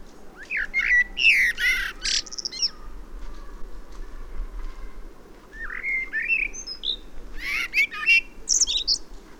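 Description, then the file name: Common blackbird song: fluty warbled phrases near mid pitch, each ending in a squeaky high twitter, coming in bursts. "Turdus merula"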